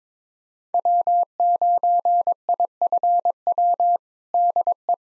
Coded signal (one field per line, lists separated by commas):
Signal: Morse code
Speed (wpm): 21 wpm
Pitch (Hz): 700 Hz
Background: none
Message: W9IFW DE